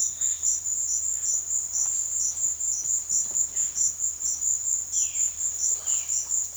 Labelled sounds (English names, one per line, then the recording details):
Violaceous Jay
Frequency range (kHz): Violaceous Jay 1.8-4.2 kHz
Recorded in pastures near Puerto Asís, Putumayo, Colombia, on 22 June 2025 at 16:00
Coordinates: 0.502, -76.324
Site G010